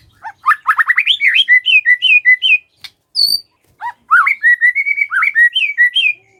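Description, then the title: White-rumped shama song of rapid rising whistled notes and fluty slurred phrases, a short pause, then more varied whistles. White-rumped shama whistling song, meant to make lazy shamas start singing. "PANCINGAN MURAI BATU. SIULAN MURAI BATU❗ PANCINGAN MURAI MALAS AGAR BUNYI"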